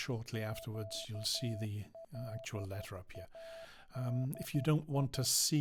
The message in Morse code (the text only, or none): QLADI